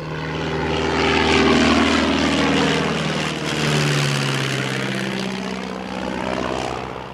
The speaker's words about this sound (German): Es war ein klappriger Fokker-Dreidecker. Durch die kurze Spannweite der Tragflügel entwickelte er einen ungeheuren Auftrieb.